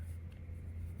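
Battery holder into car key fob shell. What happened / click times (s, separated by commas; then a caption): Handled, not yet seated: no clear seating click from the small plastic part / none. A battery holder holding a new coin cell is pressed back into a plastic Audi car key fob shell (A4, Q4, A5, Q7) with a finger, over a steady low hum with a faint small tick around 0.3 s. The clip ends just before the holder goes home, so nothing has seated or clicked yet.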